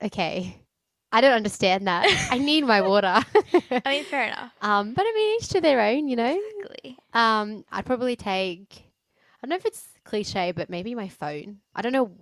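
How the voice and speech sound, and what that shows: Relaxed conversation between two adult sisters, with smooth, easy voicing, natural pitch movement and ordinary pauses between phrases. No blocks, repetitions or strained voice are heard. This is ordinary fluent speech.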